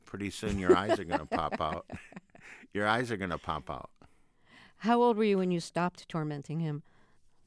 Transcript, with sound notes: pretty soon, your eyes are going to pop out.
(Laughter).
Your eyes are going to pop out.
How old were you when you stopped tormenting him?